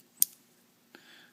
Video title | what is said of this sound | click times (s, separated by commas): From the Sharpening Bench: Benchmade Ramblings... | I did on the other coated knives and it it pops right in and there's no play in any | 0.2 s